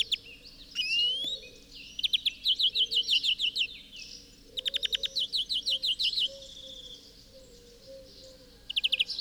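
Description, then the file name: European greenfinch calls: rapid ticking trills in short bursts, a rising upslurred note near the start, repeated trill phrases throughout, with a low steady hum underneath. "Chloris chloris"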